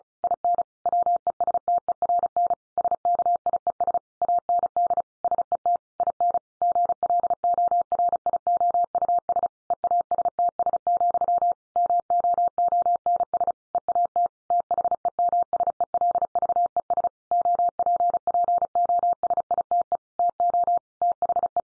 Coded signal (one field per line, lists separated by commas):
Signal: Morse code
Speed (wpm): 34 wpm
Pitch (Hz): 700 Hz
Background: none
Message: IN WESTERN SKIES AND SET IN GLORIOUS EASTS, MOONS EAT THEMSELVES OPPOSITE TO THE